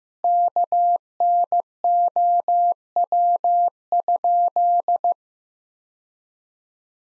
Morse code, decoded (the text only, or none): KNOW?